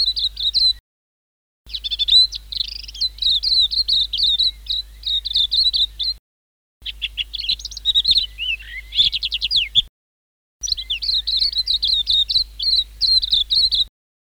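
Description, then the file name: White-eye singing long runs of quick, high, sweet twittering notes with some rapid downslurred trills, broken by brief pauses. Chirping song. "suara kicauan burung kacamata perak. omkicau"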